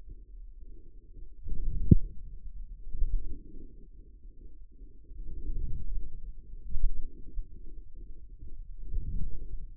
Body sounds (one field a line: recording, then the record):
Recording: forearm muscle sounds (acoustic myography)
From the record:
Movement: outward rotation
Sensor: system 2, bracelet of six BSWA MPA416 microphones around the upper forearm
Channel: 6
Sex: male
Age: 22 years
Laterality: right